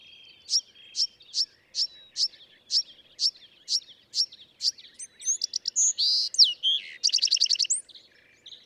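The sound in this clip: Bewick's wren song: a steady run of sharp high chips, then slurred whistles, a buzzy note and a rapid trill.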